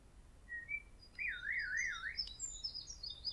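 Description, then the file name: Common blackbird song: a wavering fluted warble rising and falling, followed by a thin, high twittering flourish, over quiet background. "Turdus merula"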